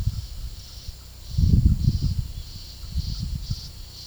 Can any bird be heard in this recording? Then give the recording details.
no. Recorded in pastures near Puerto Asís, Putumayo, Colombia, on 19 February 2024 at 13:30. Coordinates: 0.486, -76.323. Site G6462